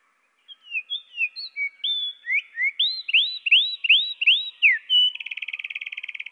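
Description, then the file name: Eurasian wren song, pitched down: descending whistled notes, a series of five arching upward-sweeping notes, and a steady rapid trill to finish. Pitched down one octave. "troglodyte-moins-1-octave"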